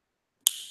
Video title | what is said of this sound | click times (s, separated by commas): Gunpla Build: Gundam Maxter: Neo-America Mobile Fighter | that snap that's how you know it's working | 0.5 s